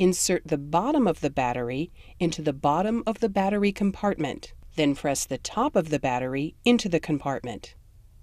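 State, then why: Not seated. A battery is being fitted into the battery compartment of a Philips HeartStart Onsite AED defibrillator, bottom end first and then the top pressed into the compartment. Someone talks throughout, with no distinct click or impact sounds. Nothing has seated or clicked yet; the battery is not yet home and the latch has not clicked into place.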